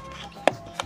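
A plastic accessory piece of an action figure or sky sled vehicle is pushed into its socket over faint background music. It pops into place with a sharp click at 0.5 s, and a second, softer tap follows at 0.8 s.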